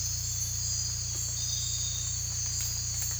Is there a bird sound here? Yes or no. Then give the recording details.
no. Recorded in dense forest near Puerto Asís, Putumayo, Colombia, on 18 December 2024 at 03:00. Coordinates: 0.467, -76.328. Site GP05